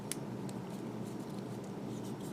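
A small plastic model kit part is pressed into the leg frame and seats with one sharp click at 0.1 s. A softer tick follows at 0.5 s over a steady low hum.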